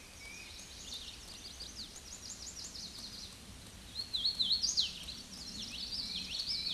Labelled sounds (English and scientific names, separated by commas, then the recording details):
Hooded Warbler (Setophaga citrina) song
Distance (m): 15 m
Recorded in a Pennsylvania forest on 18 May 2023 at 08:51
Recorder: AudioMoth, point grid1_35_low
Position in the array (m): 155 m, 129 m